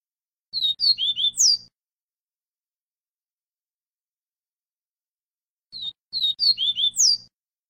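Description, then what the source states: Double-collared seedeater singing two matching short phrases of high, slurred whistled notes about five seconds apart, with a faint low hum under each. Song in the style called viviti.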